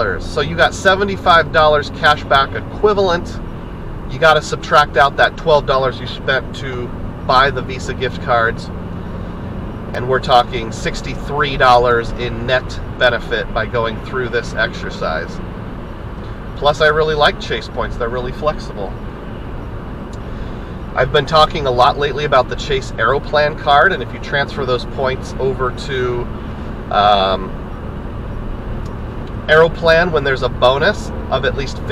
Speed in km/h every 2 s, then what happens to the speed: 64, 69, 74, 77, 81, 84, 84, 85, 85, 85, 82, 82, 84, 84, 87, 89.
0-10 speeds up to 84. 10-23 steady at about 84. 23-32 speeds up to 89.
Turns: none.